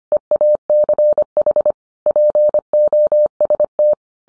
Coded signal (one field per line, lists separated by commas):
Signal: Morse code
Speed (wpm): 25 wpm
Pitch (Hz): 600 Hz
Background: none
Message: EACH POST